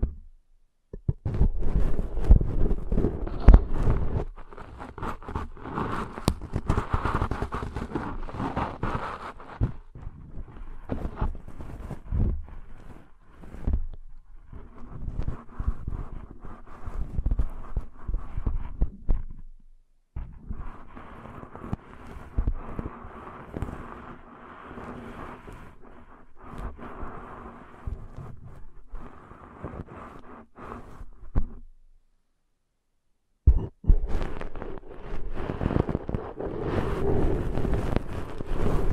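Deep ear cleaning with dense, scratchy rubbing and muffled thumps, coming in bursts broken by near-silent pauses around 20 and 33 seconds.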